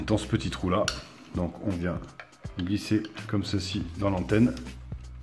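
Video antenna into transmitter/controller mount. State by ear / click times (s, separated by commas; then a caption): not seated / none. Someone talks while sliding the small rabbit-ear video-return antenna of a JJRC H51 Rocket 360 drone into its small hole on the controller, with a faint tap near 4.9 s. The clip ends just before the antenna goes home; nothing has clipped or seated yet.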